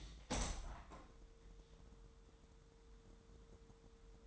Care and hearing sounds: daily activity, microphone in the room; open window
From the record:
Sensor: 3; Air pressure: 1000.2 hPa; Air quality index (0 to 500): 237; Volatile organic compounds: 130 ppm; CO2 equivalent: 3927 ppm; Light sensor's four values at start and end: 10/23/9/9 and 10/24/10/10

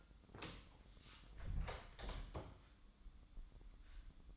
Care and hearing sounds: daily activity, microphone in the room; close door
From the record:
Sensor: 3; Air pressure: 1004.9 hPa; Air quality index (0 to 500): 70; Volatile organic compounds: 2 ppm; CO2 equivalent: 1037 ppm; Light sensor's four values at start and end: 9/20/8/8 and 9/20/8/8

